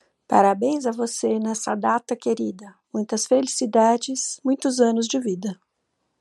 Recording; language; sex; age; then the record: short text; Brazilian Portuguese; female; 50 to 59 years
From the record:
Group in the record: control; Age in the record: 53 years